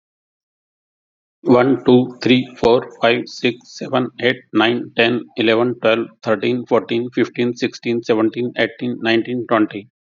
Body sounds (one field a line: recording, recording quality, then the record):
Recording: counting at a fast pace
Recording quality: excellent, no background noise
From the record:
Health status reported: healthy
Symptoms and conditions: diabetes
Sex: male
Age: 48 years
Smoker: not ticked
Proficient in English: yes